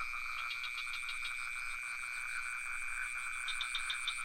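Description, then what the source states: Continuous shrill cricket trilling forms the background, overlaid by rapid, rattling frog pulses in the opening and closing seconds. Crickets with some frogs, recorded near the pond in Ubud, Sony PCM D50 with Rode NT4 microphone.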